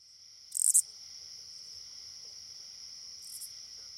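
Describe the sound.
Oblong-winged katydid song: a loud, scratchy, pulsed burst lasting a third of a second, then a fainter burst about three seconds later, over a steady high insect drone.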